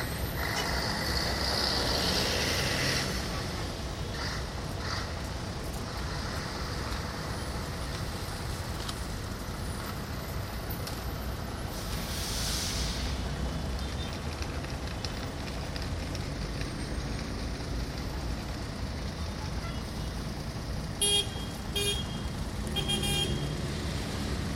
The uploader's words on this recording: Traffic At Plaza Miguel Grau (August 20th 2023, Lima, Perú). Moderate traffic At Plaza Miguel Grau.